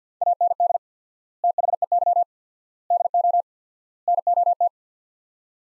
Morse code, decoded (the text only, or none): AND THEY DO NOT